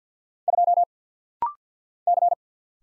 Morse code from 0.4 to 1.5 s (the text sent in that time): 2